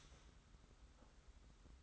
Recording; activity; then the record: daily activity, microphone in the room; start toaster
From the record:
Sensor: 3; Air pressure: 991.6 hPa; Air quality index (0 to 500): 182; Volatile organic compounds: 1000 ppm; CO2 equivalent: 6084 ppm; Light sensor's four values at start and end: 41/118/48/42 and 41/118/48/42